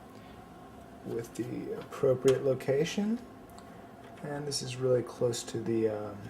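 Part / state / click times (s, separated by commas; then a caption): SATA data cable plug into motherboard SATA port / not seated / none. Someone talks while lining up the L-shaped keyed plug of a SATA data cable with a motherboard SATA port. Only handling is heard; the plug has not seated or clicked into the port yet.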